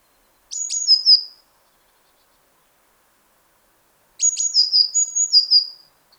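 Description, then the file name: Eurasian blue tit call: two phrases, each a few sharp high notes dropping into slurred lower notes. The second phrase is longer. "Cyanistes caeruleus"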